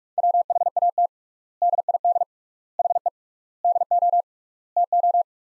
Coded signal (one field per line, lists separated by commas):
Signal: Morse code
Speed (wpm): 42 wpm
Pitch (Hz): 700 Hz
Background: none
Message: WHAT DID HE DO TO